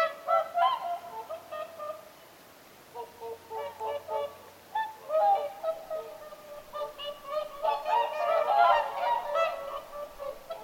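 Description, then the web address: Bugling whooper swans, a flock's honks rising and falling in waves, busiest toward the end. Whooper swans calling at Lintulahti, 6 November 2025. "paivat 6 11 2025 laulujoutsenten aantelya lintulahdella"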